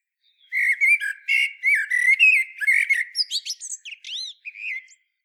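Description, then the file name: Common blackbird song: a continuous run of mellow fluted whistles that breaks into thin, high squeaky twitters toward the end. No other sounds. "Turdus merula"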